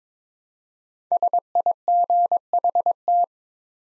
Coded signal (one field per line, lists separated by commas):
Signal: Morse code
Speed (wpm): 22 wpm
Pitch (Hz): 700 Hz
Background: none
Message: SIGHT